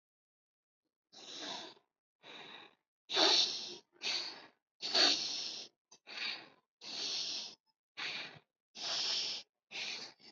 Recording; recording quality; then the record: deep breathing; excellent, no background noise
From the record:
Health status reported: healthy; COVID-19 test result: negative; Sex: female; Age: 19 years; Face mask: not worn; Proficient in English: yes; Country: India